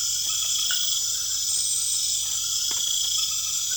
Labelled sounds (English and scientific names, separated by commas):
none